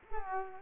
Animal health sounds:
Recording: mosquito wingbeat signal from an infrared sensor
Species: Culex quinquefasciatus

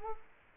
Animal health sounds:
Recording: mosquito wingbeat signal from an infrared sensor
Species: Culex quinquefasciatus

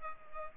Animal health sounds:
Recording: mosquito wingbeat signal from an infrared sensor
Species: Culex pipiens

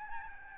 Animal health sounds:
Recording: mosquito wingbeat signal from an infrared sensor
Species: Aedes albopictus

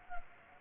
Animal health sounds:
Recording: mosquito wingbeat signal from an infrared sensor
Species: Culex pipiens

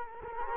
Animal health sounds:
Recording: mosquito wingbeat signal from an infrared sensor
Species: Culex quinquefasciatus

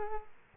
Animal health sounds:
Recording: mosquito wingbeat signal from an infrared sensor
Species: Culex quinquefasciatus

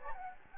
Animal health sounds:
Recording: mosquito wingbeat signal from an infrared sensor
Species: Anopheles gambiae

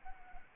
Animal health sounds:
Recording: mosquito wingbeat signal from an infrared sensor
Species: Anopheles arabiensis

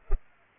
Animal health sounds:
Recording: mosquito wingbeat signal from an infrared sensor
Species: Culex pipiens

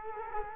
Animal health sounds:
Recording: mosquito wingbeat signal from an infrared sensor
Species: Culex quinquefasciatus

